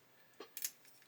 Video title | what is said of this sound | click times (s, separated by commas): How to fit the M3/M3 A1 3D Printed Tracks in 1/16 scale from AFV Modeller | Okay. And then that will click in | 0.6 s